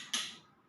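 The back nut of a plastic MC4 solar connector is tightened with the kit's tightening tools until the tool slips and clicks at 0.1 s, a sharp bright click that fades over about half a second. The click shows the nut is tight enough.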